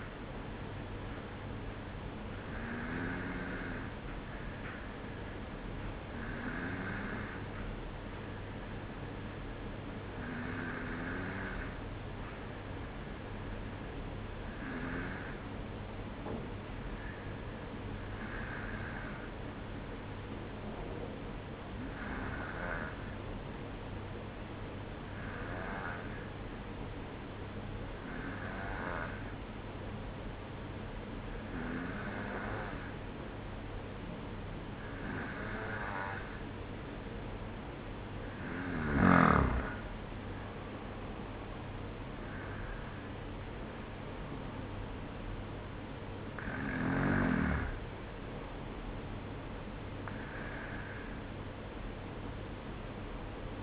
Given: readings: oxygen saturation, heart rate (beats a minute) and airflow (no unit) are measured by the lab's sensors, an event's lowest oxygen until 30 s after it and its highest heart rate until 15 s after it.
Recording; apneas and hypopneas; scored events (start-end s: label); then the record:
breathing in sleep by a voice recorder at the bedside; none
none scored
From the record:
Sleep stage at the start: N2 (light sleep); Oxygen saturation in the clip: 93 to 94%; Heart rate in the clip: 53 to 56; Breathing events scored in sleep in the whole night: 305 in 9.6 hours asleep